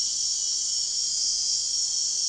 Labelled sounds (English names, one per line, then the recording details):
none
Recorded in dense forest near Puerto Asís, Putumayo, Colombia, on 4 March 2025 at 04:00
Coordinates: 0.499, -76.324
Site GP03